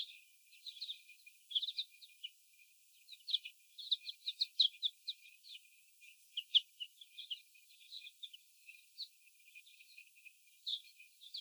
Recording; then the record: young laying hens in a cage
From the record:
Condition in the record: before the stressor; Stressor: sudden umbrella opening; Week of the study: 1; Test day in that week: 1